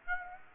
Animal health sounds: mosquito wingbeat signal from an infrared sensor; Aedes aegypti

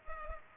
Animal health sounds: mosquito wingbeat signal from an infrared sensor; Culex pipiens

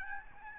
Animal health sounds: mosquito wingbeat signal from an infrared sensor; Aedes albopictus

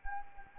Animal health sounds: mosquito wingbeat signal from an infrared sensor; Anopheles arabiensis

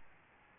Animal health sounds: mosquito wingbeat signal from an infrared sensor; Aedes albopictus

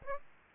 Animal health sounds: mosquito wingbeat signal from an infrared sensor; Aedes aegypti

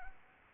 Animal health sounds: mosquito wingbeat signal from an infrared sensor; Anopheles arabiensis

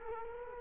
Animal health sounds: mosquito wingbeat signal from an infrared sensor; Culex quinquefasciatus

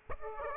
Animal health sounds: mosquito wingbeat signal from an infrared sensor; Aedes aegypti

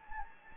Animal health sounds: mosquito wingbeat signal from an infrared sensor; Anopheles gambiae

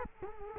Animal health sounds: mosquito wingbeat signal from an infrared sensor; Culex quinquefasciatus

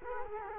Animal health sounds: mosquito wingbeat signal from an infrared sensor; Culex quinquefasciatus

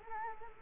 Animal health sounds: mosquito wingbeat signal from an infrared sensor; Culex quinquefasciatus

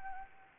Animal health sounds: mosquito wingbeat signal from an infrared sensor; Anopheles arabiensis

